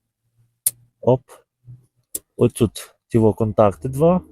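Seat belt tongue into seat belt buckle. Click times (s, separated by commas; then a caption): 0.7 s. A seat belt tongue is pushed into the seat belt buckle of an Audi A6, repeated because it was hard to see. A loud single click sounds at 0.7 s as the tongue seats in the buckle, then someone talks.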